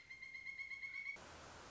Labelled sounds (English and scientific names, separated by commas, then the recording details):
Pileated Woodpecker (Dryocopus pileatus)
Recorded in Sonoma County, California